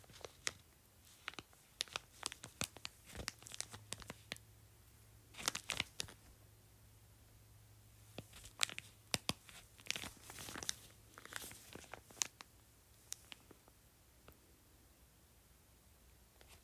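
An ice pack is crinkled and squeezed in irregular bursts of sharp, crackly rustling, busiest in the first six seconds and again around eight to thirteen seconds. Between bursts there are brief pauses, and a faint low hum runs underneath throughout.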